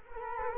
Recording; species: mosquito wingbeat signal from an infrared sensor; Culex quinquefasciatus